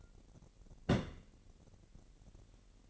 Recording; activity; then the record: daily activity, microphone in the room; place on stove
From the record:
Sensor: 4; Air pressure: 1012.8 hPa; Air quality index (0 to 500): 238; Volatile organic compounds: 4 ppm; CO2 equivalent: 1582 ppm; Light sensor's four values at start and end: 27/64/26/25 and 27/64/26/25